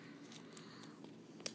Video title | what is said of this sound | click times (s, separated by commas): How to insert a tampon! | okay we're about to hear the click she loves the click | 1.5 s